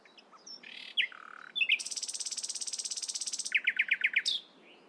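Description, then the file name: Common nightingale song: varied phrases with a fast buzzy rattle of rapid repeated notes, then a run of loud sharp chirps. "Luscinia megarhynchos"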